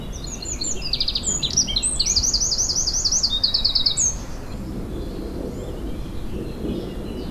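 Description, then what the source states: Bird singing high, fast trilled phrases of repeated zigzag notes for about four seconds, then falling quiet, leaving a low outdoor rumble. Native hedgerow bird in April.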